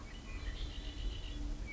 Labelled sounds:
Red-winged Blackbird (Agelaius phoeniceus)
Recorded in Sonoma County, California

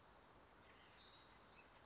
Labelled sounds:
California Towhee (Melozone crissalis)
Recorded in Sonoma County, California

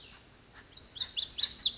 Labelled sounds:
Cassin's Vireo (Vireo cassinii)
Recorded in Sonoma County, California

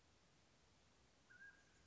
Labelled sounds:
Mountain Quail (Oreortyx pictus)
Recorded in Sonoma County, California

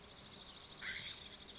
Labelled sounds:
California Scrub-Jay (Aphelocoma californica)
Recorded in Sonoma County, California

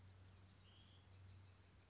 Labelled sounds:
Bewick's Wren (Thryomanes bewickii)
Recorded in Sonoma County, California

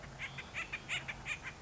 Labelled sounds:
Acorn Woodpecker (Melanerpes formicivorus)
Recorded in Sonoma County, California

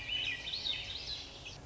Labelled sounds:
Swainson's Thrush (Catharus ustulatus)
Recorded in Sonoma County, California

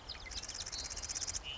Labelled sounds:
Marsh Wren (Cistothorus palustris)
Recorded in Sonoma County, California

